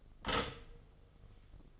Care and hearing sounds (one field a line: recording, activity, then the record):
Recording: daily activity, microphone in the room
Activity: stop toaster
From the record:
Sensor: 4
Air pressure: 1015.5 hPa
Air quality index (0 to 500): 199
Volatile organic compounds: 10 ppm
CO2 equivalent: 2222 ppm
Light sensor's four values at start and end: 4/8/3/3 and 4/9/3/3